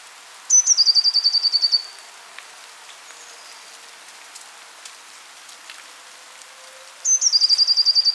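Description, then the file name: Eurasian blue tit gives high notes leading into a quick, evenly pulsed trill. The pattern repeats several seconds later, with faint patter between calls. "Cyanistes caeruleus"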